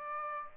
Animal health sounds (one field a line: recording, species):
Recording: mosquito wingbeat signal from an infrared sensor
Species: Aedes aegypti